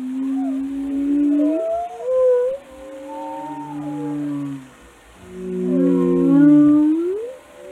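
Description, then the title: Whale vocalizations, several overlapping moaning and whistled tones sweeping up and down, with a sharp rising whistle near the end. "Whale Watching: A Close Encounter with the Giants of the Sea"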